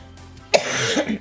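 An adult woman gives a single phlegmy cough.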